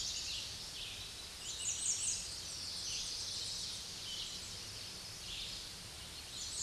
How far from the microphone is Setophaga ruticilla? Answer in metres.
about 55 m